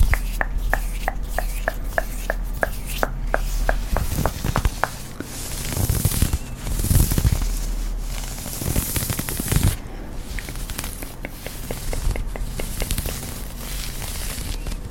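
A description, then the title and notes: Up-close tapping in a quick, even rhythm opens the clip, giving way around the middle to denser scratching and fluffy mic brushing with soft low thumps. Crisp, regular taps return in the last few seconds over a steady low hum. Tapping personal attention, scratching, fluffy mic, up close, plucking.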